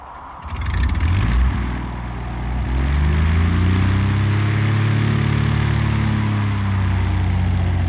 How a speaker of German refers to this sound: Lassen Sie den Motor an